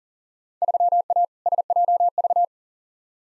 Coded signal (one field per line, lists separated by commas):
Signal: Morse code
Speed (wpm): 40 wpm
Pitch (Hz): 700 Hz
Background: none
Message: 3A SJV